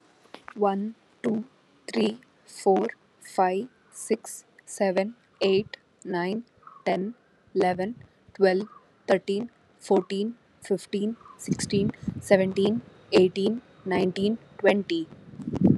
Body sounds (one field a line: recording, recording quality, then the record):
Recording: counting at a normal pace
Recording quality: moderate, slight background noise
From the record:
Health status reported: healthy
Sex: female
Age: 26 years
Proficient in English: yes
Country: India